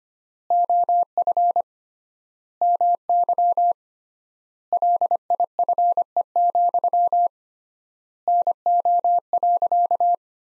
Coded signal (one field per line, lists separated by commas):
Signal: Morse code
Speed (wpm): 25 wpm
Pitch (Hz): 700 Hz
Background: none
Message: OF MY LIFE, NO.